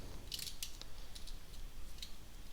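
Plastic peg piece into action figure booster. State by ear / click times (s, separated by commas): not seated / none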